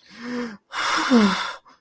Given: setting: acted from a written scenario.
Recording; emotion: vocal sound without words; fear